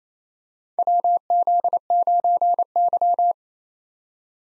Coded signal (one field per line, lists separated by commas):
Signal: Morse code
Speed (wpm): 28 wpm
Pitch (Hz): 700 Hz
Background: none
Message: WZ9Y